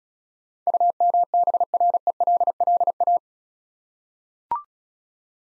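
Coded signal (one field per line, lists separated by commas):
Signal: Morse code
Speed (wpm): 35 wpm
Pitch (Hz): 700 Hz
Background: none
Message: UMBRELLA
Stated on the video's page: Morse practice set of easy words at 28 wpm, speed-racing with contextual hints.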